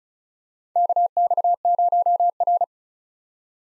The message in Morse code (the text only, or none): KX0R